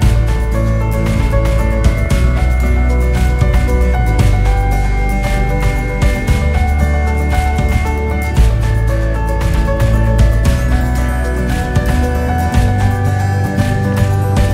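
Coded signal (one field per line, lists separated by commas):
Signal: FT8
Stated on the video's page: FT8 at QRP power.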